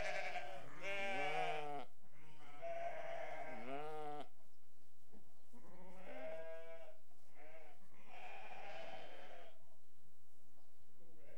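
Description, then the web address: Sheep bleats, wavering harmonic calls in bursts, quieter toward the end. Restless sheep. "BBC Sound Effects Library BBC Animals and Birds Sheep Restless"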